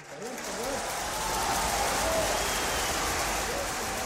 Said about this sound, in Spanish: Y se escucharon aplausos, obviamente, así como buena abeja, qué sé yo.